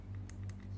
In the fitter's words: Hear that click?